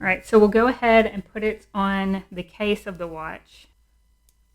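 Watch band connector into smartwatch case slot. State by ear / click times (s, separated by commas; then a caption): not seated / none. Someone talks while handling a bright green braided solo loop band for an Apple Watch Series 7 (blue), bringing its connector up to the band slot on the watch case. The speech ends around 3.4 s and is followed by near silence with a faint, brief tick at about 4.3 s. The connector has not yet seated or clicked into the case.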